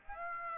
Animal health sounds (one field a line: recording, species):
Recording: mosquito wingbeat signal from an infrared sensor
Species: Aedes aegypti